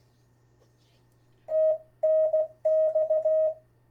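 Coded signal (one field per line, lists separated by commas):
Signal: Morse code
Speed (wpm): 16 wpm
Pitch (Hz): 630 Hz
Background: none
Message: TNX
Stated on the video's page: Morse practice with friends; rough recording with poor audio.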